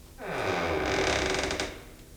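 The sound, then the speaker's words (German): A door creaks slowly open, a single drawn-out groan lasting under two seconds, its pitch sliding upward before breaking into a rapid, ratcheting stutter near the end, with no voices. “Ich öffne jetzt die Tür.”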